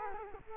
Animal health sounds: mosquito wingbeat signal from an infrared sensor; Culex quinquefasciatus

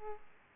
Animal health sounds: mosquito wingbeat signal from an infrared sensor; Aedes aegypti

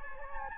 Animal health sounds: mosquito wingbeat signal from an infrared sensor; Anopheles gambiae

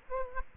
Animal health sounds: mosquito wingbeat signal from an infrared sensor; Aedes aegypti

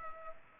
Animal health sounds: mosquito wingbeat signal from an infrared sensor; Culex pipiens

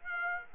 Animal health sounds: mosquito wingbeat signal from an infrared sensor; Aedes aegypti

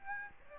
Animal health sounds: mosquito wingbeat signal from an infrared sensor; Aedes aegypti

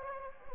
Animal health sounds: mosquito wingbeat signal from an infrared sensor; Anopheles gambiae

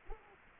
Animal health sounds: mosquito wingbeat signal from an infrared sensor; Culex quinquefasciatus

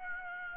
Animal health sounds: mosquito wingbeat signal from an infrared sensor; Aedes aegypti

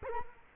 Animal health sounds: mosquito wingbeat signal from an infrared sensor; Culex quinquefasciatus

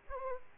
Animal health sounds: mosquito wingbeat signal from an infrared sensor; Aedes aegypti

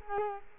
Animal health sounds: mosquito wingbeat signal from an infrared sensor; Culex quinquefasciatus

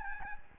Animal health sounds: mosquito wingbeat signal from an infrared sensor; Aedes albopictus

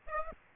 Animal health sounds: mosquito wingbeat signal from an infrared sensor; Aedes aegypti

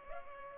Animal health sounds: mosquito wingbeat signal from an infrared sensor; Culex pipiens

